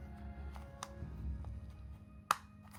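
An ear pad mounting ring is lined up and pushed into the ear cup of a pair of Sony WH1000XM2 headphones, with faint taps at 0.6, 0.8 and 1.4 seconds over a low steady hum. A sharp click at 2.3 seconds is the ring starting to click in, but the pad comes undone right after.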